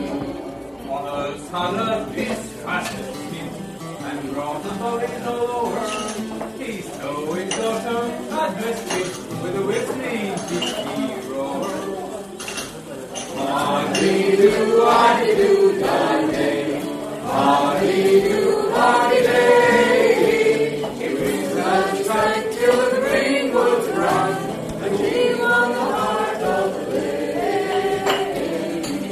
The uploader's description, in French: une chouette ambiance dans ce bar